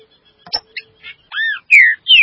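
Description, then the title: Green-winged saltator song: a few soft notes and knocks, then loud arched and falling whistles in quick succession. "Trinca Ferro"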